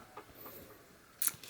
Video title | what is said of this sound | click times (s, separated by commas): DIY Laptop Desk! - Tin's Vloggin - vlog 263 | The external just kind of pops right in here. | 1.3 s